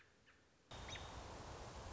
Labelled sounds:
American Robin
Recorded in Sonoma County, California

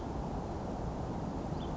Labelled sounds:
House Finch
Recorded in Sonoma County, California

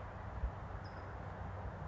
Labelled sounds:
California Towhee
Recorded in Sonoma County, California

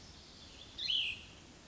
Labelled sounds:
Cassin's Vireo
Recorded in Sonoma County, California

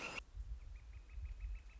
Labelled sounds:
Northern Flicker
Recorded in Sonoma County, California

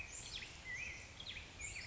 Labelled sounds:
Black-headed Grosbeak
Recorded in Sonoma County, California

